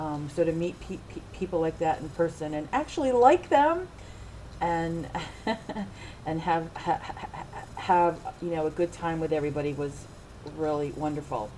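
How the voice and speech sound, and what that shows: An adult woman who stutters speaks conversationally with clear disfluencies: a part-word repetition ("pe-pe-people"), a long prolonged nasal sound, and a held breathy onset before she resumes. These repetitions, prolongations and blocks are typical of stuttering, a fluency disorder.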